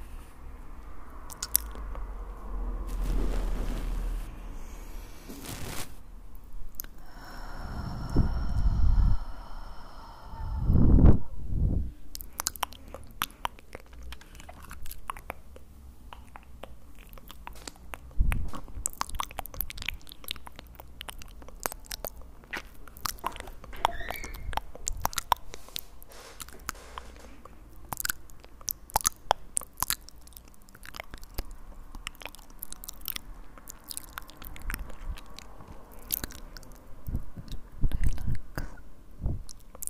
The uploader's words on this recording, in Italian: ASMR mouth sounds triggers pulizia energetica. Mouth sounds rilassanti.